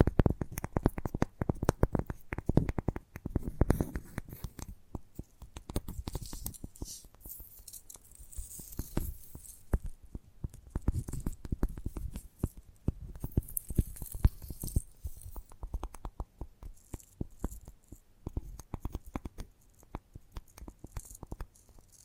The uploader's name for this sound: ASMR Gentle Tapping